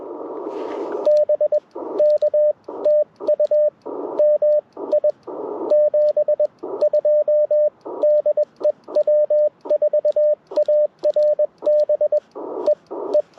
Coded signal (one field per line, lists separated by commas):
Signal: Morse code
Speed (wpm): 19 wpm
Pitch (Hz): 590 Hz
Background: radio noise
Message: BK TU MI 72 DE W4ARB EE